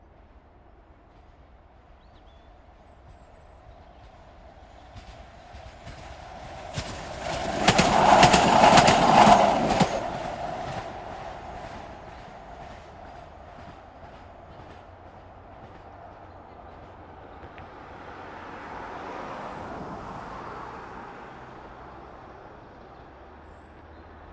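A tram passes between about seven and ten seconds with rattling, squealing wheels, then fades as a softer rumble swells near twenty seconds.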